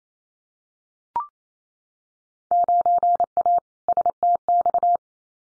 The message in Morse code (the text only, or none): 9A STX